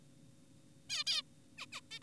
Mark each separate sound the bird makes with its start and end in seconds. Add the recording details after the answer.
0.90-1.04, 1.07-1.22, 1.58-1.66, 1.72-1.81, 1.91-1.99. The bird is an adult. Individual g4p5U